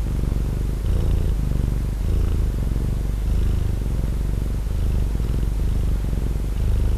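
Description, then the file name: Domestic cat purring steadily, a low rumbling vibration that swells and eases with each breath, roughly once a second. Domestic cat purring, recorded 23 February 2011. "Purring Domestic Cat Donna"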